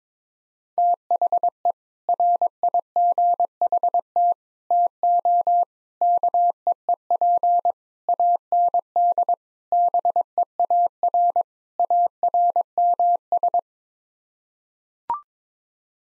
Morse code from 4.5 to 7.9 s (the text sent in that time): TO KEEP